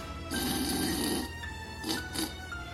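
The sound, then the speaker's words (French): An ogre snores through a house: a long, rasping snore rattles for about a second, followed by two shorter, throaty snorts, loud and coarse with a steady hum beneath. “Et bientôt la maison résonna de ces terribles ronflements.”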